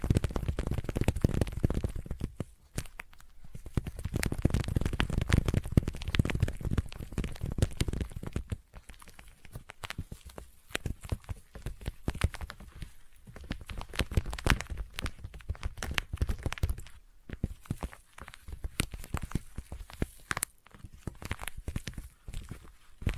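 Sticky tapping with no talking: dense, rapid taps and tacky peeling sounds crowd together, crackling and crinkling throughout. The first eight seconds are busiest and loudest, then the tapping thins into quicker bursts separated by brief gaps, with a soft low rumble underneath.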